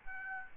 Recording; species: mosquito wingbeat signal from an infrared sensor; Aedes albopictus